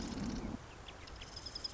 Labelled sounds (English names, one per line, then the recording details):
Marsh Wren
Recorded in Sonoma County, California